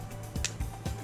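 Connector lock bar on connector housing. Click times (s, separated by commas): 0.5 s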